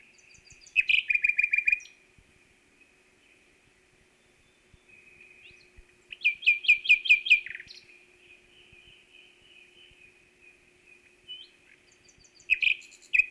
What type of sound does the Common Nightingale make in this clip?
song